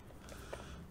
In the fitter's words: so I love the magnetic closure and it just snaps close um you